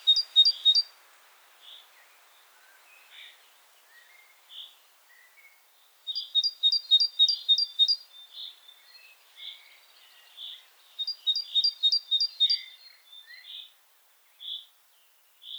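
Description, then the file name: Great tit song in three quick series of high two-note phrases, with soft round chirps and short downslurred notes scattered between them. "Parus major"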